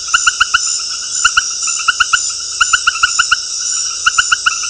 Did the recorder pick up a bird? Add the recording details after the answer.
no. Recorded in dense forest near Puerto Asís, Putumayo, Colombia, on 21 February 2024 at 20:00. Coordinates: 0.485, -76.325. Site G6429